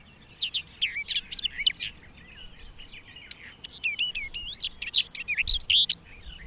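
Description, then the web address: Barred warbler song, a hurried jumble of harsh chattering notes and brief clear whistles in two bursts separated by a quieter scratchy passage. "agykontroll Madardalok Cd 2. Karvalyposzáta"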